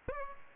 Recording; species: mosquito wingbeat signal from an infrared sensor; Aedes aegypti